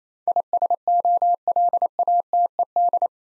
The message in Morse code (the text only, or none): ISOLATED